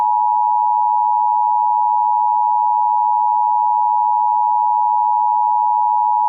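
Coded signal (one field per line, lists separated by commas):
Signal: Emergency Alert System (SAME) tones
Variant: 853 and 960 Hz attention tone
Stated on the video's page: Fictional EAS scenario with mock alerts, not a real broadcast.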